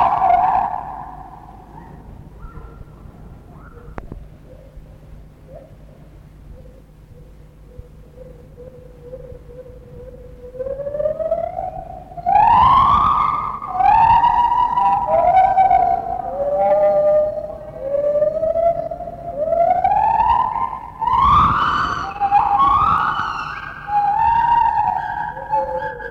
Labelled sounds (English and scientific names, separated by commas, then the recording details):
Lar Gibbon (Hylobates lar)
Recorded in captivity
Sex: pair
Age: adult
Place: Zoo Berlin, Berlin, DE
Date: 1960-10-09 12:00
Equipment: Minifon, Kopie Smaragd
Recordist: Tembrock, Günter
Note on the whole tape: Paar nach der Fütterung, sie die dunklen Crescendo Reihen, er die hellen zweisilbigen Reihen mit gelegentlichen Trillern